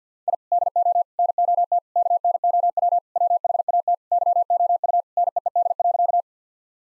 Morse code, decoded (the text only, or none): I DO NOT KNOW WHAT YOU NEED.